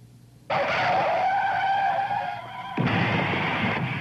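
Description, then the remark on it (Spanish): Car tires skid with a sudden, loud, high screech that holds for about two seconds, shrill tones wavering inside the roar, then a second harsh burst of noise follows. No one speaks. “Bueno, nos llamó, estaba en el auto y nos llamó, y ahí viene por qué no vino.”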